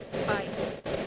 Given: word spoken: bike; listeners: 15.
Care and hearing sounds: one English word in noise, from a listening test; noise modulated by three-talker babble; -5.0 dB; 2 of 15; 10 of 15; 0.67 s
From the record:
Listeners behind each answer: 10, 2, 1, 1, 1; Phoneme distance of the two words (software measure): 20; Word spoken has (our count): 1 syllable, 3 phonemes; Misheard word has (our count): 1 syllable, 3 phonemes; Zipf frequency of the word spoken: 4.58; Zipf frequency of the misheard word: 5.04

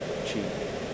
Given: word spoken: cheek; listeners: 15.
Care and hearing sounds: one English word in noise, from a listening test; speech-shaped noise; -5.1 dB; 2 of 15; 12 of 15; 0.54 s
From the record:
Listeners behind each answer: 12, 2, 1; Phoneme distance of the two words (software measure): 10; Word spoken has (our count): 1 syllable, 3 phonemes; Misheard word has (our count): 1 syllable, 3 phonemes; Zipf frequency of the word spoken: 3.93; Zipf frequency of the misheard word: 4.65

